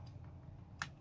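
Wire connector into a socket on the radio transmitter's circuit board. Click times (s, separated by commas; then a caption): 0.8 s. A wire connector is pushed into its socket on the circuit board of a DJI FPV radio transmitter opened up for a teardown and modification. After faint low rumble and small ticks, a single sharp, bright click sounds at 0.8 s, and the connector seats in its socket.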